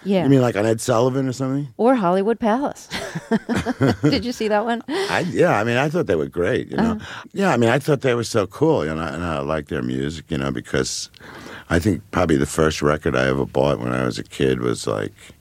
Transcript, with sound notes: You mean, like on "Ed Sullivan" or something?
Or "Hollywood Palace." (Soundbite of laughter) Did you see that one?
Yeah. I mean, I thought they were great, you know?
Mm-hm.
Yeah, I mean, I thought they were so cool, you know, and I like their music, you know, because--I think probably the first record I ever bought when I was a kid was like